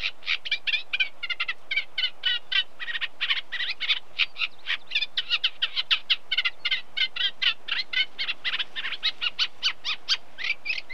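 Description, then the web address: Eurasian Reed Warbler song, continuous rhythmic chattering of grating and chirping notes, each repeated a few times before changing, over faint background noise. Unmated male singing; British birds. "Sound Effects Library (British Birds) Reed Warbler song of unmated male with very distant cows"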